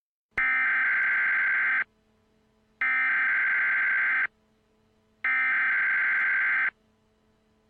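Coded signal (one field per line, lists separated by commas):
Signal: Emergency Alert System (SAME) tones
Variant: header bursts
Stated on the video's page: Fictional mock EAS power outage alert from a zombie-outbreak series.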